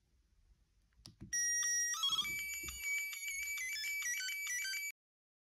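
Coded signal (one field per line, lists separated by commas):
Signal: SSTV (slow-scan television)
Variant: Martin mode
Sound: buzzy harmonic-rich tone, quick warbling header, then high whine with brief pitch dips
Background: small room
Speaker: watch out for you here I will stop the noise at one point because for the video I think it's really annoying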